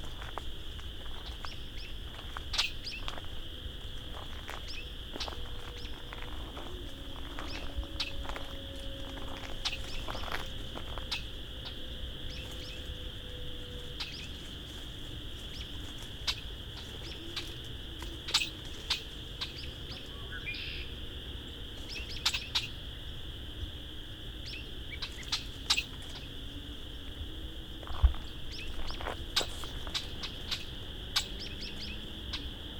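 Dusk in the Vinemount Swamp: a steady, high insect-like trill runs unbroken through all 33 seconds over a low rumble. Short bird chirps and clicks pop up irregularly throughout, with a few sharper calls after the twenty-second mark.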